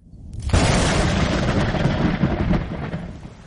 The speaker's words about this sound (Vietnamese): Bên ngoài, tiếng sấm rền vang, trời mưa,